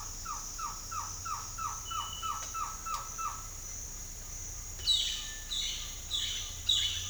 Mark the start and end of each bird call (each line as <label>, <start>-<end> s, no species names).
bird call, 0.00-3.39 s
bird call, 4.75-7.10 s